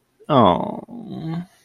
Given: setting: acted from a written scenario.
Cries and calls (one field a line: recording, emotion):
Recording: vocal sound without words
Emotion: sympathy